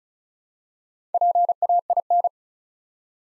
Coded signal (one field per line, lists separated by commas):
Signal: Morse code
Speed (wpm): 36 wpm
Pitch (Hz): 700 Hz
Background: none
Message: PAIN